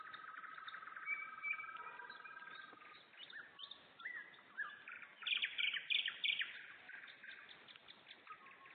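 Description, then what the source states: Nightingale singing loud runs of fast repeated chips after quieter whistles. Singing in Turek, Poland.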